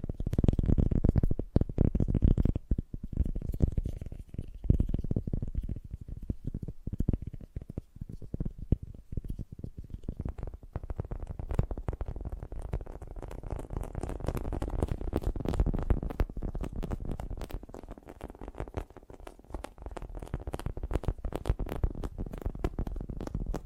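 Fast, gentle tapping runs for the whole stretch as a dense patter of soft, low knocks with no pause. Through the first ten seconds the taps are heavier and more uneven. After that they settle into a lighter, quicker, steadier flutter with a faint hiss.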